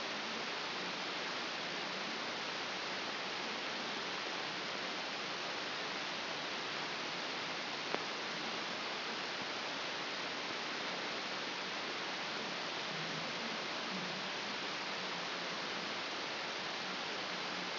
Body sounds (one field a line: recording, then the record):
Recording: brain microelectrode recording played as sound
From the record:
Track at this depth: inside the subthalamic nucleus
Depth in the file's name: 4.32 mm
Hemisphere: left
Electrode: 2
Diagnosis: Parkinson's disease